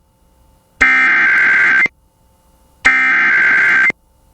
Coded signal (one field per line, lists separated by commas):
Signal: Emergency Alert System (SAME) tones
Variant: header bursts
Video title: (EAS #13) Central California SEVERE THUNDERSTORM WARNING on KALT-FM